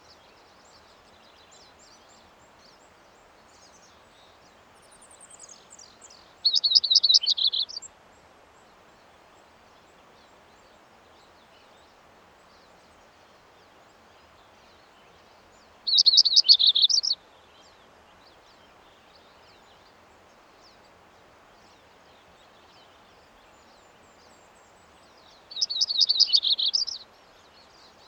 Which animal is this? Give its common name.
Yellow-rumped Warbler